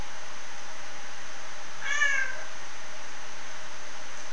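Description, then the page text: Rusty-spotted cat giving a single short meow-like call in the middle of an otherwise quiet stretch with soft background hiss. Captive rusty-spotted cats vocalising in Frankfurt Zoo. "Vocalisations of Rusty-spotted Cats Prionailurus rubiginosus (Mammalia: Carnivora: Felidae) in Frankfurt Zoo Vera Pfannerstill, Johannes Köhler, Sabrina Linn"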